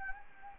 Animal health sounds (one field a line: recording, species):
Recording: mosquito wingbeat signal from an infrared sensor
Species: Anopheles gambiae